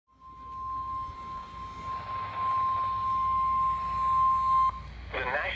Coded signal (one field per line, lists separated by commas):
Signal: Emergency Alert System (SAME) tones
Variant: 1050 Hz attention tone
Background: speech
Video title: 2 Marine Warnings on KEC83 | 8/2/2019 (EAS #511-12)